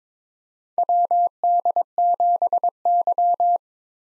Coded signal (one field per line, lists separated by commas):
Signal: Morse code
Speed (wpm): 22 wpm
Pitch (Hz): 700 Hz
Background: none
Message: WD7Y